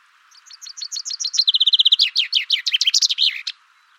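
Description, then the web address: Chaffinch song: a descending run of sharp chirps speeding into a steady rattling trill, then ending in a loud, tumbling flourish about one and a half seconds long. "Deverinetal 2025"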